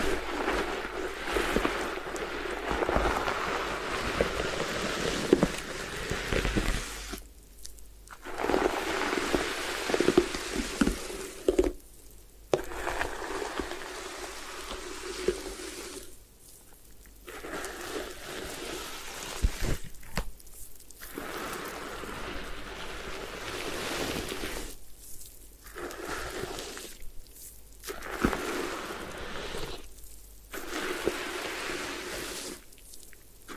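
Hair being washed and massaged, with steady wet rubbing and squelching sounds that fill most of the recording. The sound stops briefly several times, with short silent gaps around 8, 12, 17, 20, 25 and 27 seconds before the rubbing resumes.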